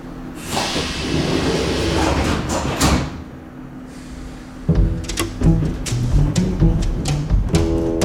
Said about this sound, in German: U-Bahn-Waggon innen. Spärlich besetzt. Später Vormittag. Geräusch des fahrenden Zuges. Alle Fahrgäste schweigen.